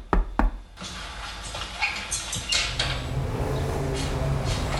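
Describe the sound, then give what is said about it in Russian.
A visitor knocks on a door: two sharp, loud knocks in quick succession, followed by a steady rustling, shuffling background noise. “Грегор смахнул карты в ящик стола и только успел застегнуть верхнюю пуговицу халата, как раздался стук в дверь.”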